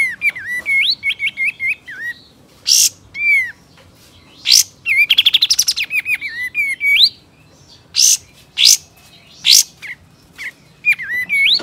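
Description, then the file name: Sooty-headed Bulbul: whistled rising and falling notes repeated in quick series, with harsh bursts and a fast buzzy rattle. Male. "suara burung kapas tembak jantan"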